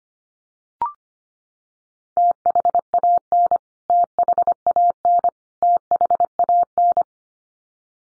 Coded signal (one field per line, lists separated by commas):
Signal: Morse code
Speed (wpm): 25 wpm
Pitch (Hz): 700 Hz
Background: none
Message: THAN THAN THAN